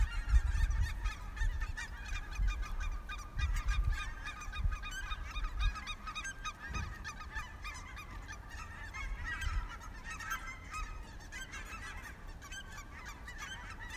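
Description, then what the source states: Many birds call at once in a continuous chorus of honk-like notes, steady and overlapping, with intermittent low rumbles beneath, strongest in the opening seconds. Recorded 3 March 2019 at 15:14.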